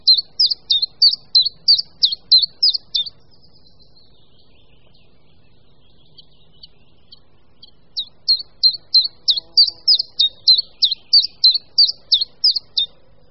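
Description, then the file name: Common chiffchaff song: high, even notes repeated about three per second in two bursts separated by a few seconds of quiet. "Budníček-menší"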